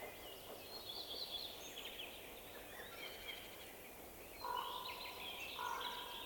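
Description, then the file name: Raven calls, two short harsh grating notes near the end, set against a busy background of high chirping and twittering songbirds. Raven calls with a bird passing by. "Digiffects Sound Effects Library - Raven Calls with Bird Passing"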